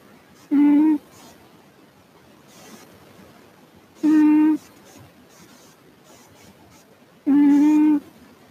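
A pet cat snoring: three short, tonal snores a few seconds apart, with quiet breathing in between.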